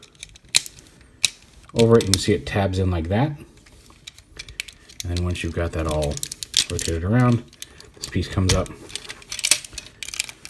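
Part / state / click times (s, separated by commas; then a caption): plastic panel into the toy robot's leg / seated / 9.5 s. Someone talks while handling a TakaraTomy Transformers Masterpiece MP-35 Grapple transforming robot toy, with small plastic clicks and taps throughout. A plastic panel is rotated up and pushed onto the toy robot's leg, where it snaps into place with a sharp click at 9.5 seconds.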